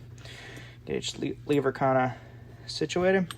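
A rifle optic on a quick-detach mount is being handled as it goes back onto the rifle's top rail, while someone talks. A faint, soft sound comes at about 0.2 seconds. Nothing has seated or clicked yet.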